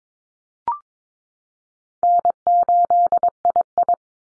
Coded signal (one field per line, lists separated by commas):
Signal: Morse code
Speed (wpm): 22 wpm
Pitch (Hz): 700 Hz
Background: none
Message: N8II